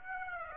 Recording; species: mosquito wingbeat signal from an infrared sensor; Aedes aegypti